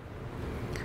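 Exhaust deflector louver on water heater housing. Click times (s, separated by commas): 0.8 s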